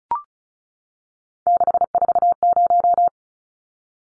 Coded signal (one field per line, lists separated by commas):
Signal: Morse code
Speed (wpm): 34 wpm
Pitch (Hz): 700 Hz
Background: none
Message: 640